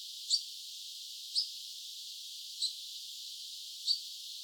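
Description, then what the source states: European pied flycatcher call: four brief, high, sharp notes, spaced roughly one to one and a half seconds apart, against quiet hiss. Recorded 26 August 2013.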